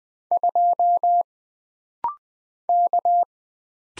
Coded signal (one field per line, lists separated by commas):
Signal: Morse code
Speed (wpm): 20 wpm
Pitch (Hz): 700 Hz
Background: none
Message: 2 K